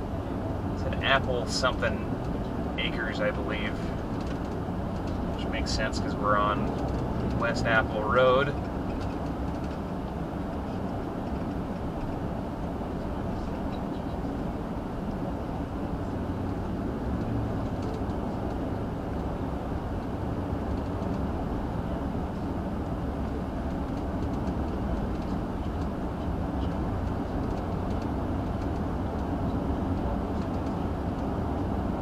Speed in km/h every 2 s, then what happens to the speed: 77, 81, 81, 82, 82, 79, 76, 74, 74, 77, 79, 79, 82, 84, 85, 87.
0-8 steady at about 81. 8-13 slows to 74. 17-32 speeds up to 87.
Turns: none.